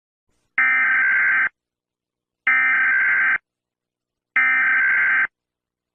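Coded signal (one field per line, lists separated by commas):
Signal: Emergency Alert System (SAME) tones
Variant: header bursts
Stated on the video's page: Made-up alert scenario, not a real broadcast.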